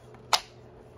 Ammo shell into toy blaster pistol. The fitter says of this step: that, clicks in place, and then to eject it, you just kind of fling it.